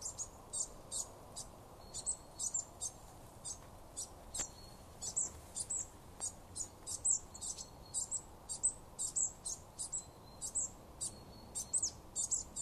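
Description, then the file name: Marsh tit calls: rapid high chirps in quick series, with a few brief thin level notes between them over faint background noise. "Poecile palustris"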